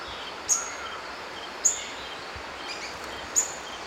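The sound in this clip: White-browed foliage-gleaner uttering three abrupt, high-pitched call notes at irregular intervals, with a continuous hissing background throughout.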